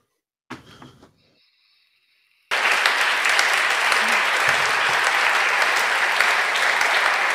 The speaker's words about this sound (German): Und alle klatschen. Ja, und die deutliche Mehrheit der Parteitagsteilnehmer, das hat man nicht so gut gehört, weil hier im Raum ein Raunen durch den Saal ging, die haben geklatscht, als das mit der Feministin kam und gejohlt.